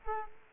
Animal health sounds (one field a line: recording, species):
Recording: mosquito wingbeat signal from an infrared sensor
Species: Culex quinquefasciatus